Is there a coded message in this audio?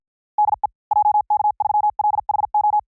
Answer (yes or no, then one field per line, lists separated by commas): yes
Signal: Morse code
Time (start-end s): 0.4-2.8 s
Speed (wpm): 53 wpm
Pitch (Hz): 840 Hz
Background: none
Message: DE JK3LHO